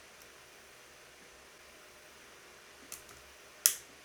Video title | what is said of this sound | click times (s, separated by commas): TUTO APPRENDS COMMENT REPARER TOI MEME TON IPHONE, si j'y arrive, toi aussi tu peux le faire !!! | j'ai introduit le clac je sais pas si vous l'avez entendu | 3.7 s